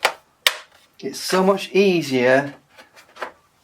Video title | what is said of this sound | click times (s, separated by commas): How to Clone a Hard Drive or SSD in Windows/ Upgrade a hp 15s laptop with ram and bigger ssd | and then we're just a matter of pushing it down Clicks in place | 0.5 s